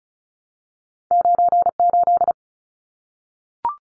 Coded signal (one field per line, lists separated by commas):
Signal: Morse code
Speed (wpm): 34 wpm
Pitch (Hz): 700 Hz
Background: none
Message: 98